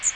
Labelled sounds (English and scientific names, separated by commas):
Magnolia Warbler (Setophaga magnolia) flight call